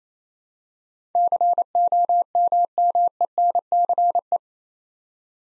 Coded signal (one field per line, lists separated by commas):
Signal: Morse code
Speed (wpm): 28 wpm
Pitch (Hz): 700 Hz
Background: none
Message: COMMENCE